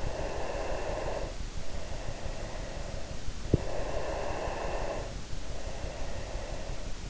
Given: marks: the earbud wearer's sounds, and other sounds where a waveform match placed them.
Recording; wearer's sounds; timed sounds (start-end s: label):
sounds in sleep by an in-ear microphone; breath
0.02-3.40 s: breath
3.73-7.10 s: breath